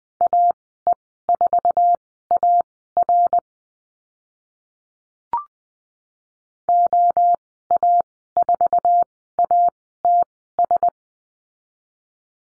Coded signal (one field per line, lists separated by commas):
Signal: Morse code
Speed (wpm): 20 wpm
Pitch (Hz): 700 Hz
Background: none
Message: AE4AR OA4ATS